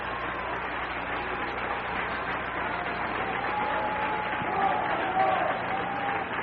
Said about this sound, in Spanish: Den un aplauso a Cristo, que Él se lo merece.